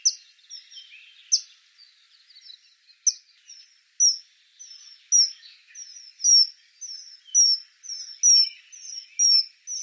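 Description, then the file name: Common kingfisher giving shrill, high, piercing whistled calls, sharp downslurred notes in a loose series that grows louder and faster toward the end. "Eisvogel"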